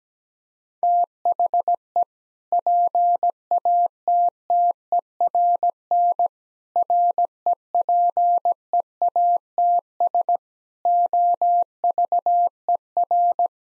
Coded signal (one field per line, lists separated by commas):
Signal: Morse code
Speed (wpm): 17 wpm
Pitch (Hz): 700 Hz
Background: none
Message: THE PATTERN REPEATS OVER